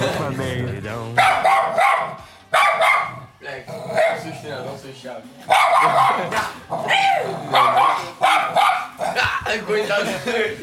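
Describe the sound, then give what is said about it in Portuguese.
A dog barks loudly in a series of repeated, yelping bursts with short pauses between them, while people talk over the noise. “Até o cachorro tá doidão, cara.”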